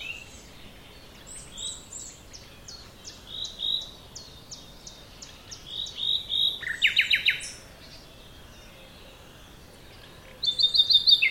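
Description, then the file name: Common nightingale song beginning with a series of soft repeated piping notes that grow louder, then loud rattling trills, silence, and a final sharp burst. "Luscinia megarhynchos"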